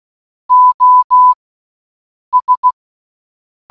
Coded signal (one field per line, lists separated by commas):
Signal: Morse code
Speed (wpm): 16 wpm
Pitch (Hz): 1000 Hz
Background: none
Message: O S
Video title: 🔊🔊🔊 Listening To SOS For ONE HOUR In Morse Code Challenge 🔊🔊🔊